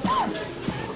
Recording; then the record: coughing mixed with background sound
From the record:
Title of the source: Spring Allergy Coughing